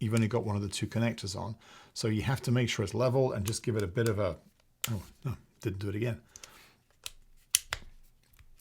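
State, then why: Seated. An action camera, a DJI Osmo Action 5 Pro, is pushed onto its magnetic quick-release mount after a first try caught only one of the two connectors. Someone talks, then a few small clicks come before a sharp click at 7.6 s as the camera is leveled and seats fully home on the mount. Light handling taps follow.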